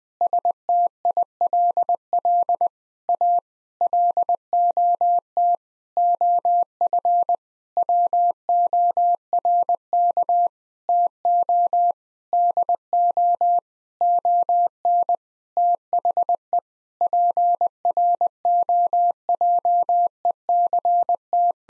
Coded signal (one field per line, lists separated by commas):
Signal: Morse code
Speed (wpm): 20 wpm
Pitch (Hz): 700 Hz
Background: none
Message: STILL A LOT OF WORK TO DO ON THE PROJECT